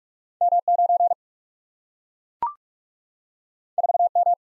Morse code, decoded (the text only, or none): M 9 4 M